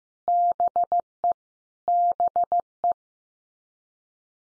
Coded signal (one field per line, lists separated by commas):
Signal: Morse code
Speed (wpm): 15 wpm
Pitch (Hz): 700 Hz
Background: none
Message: BE BE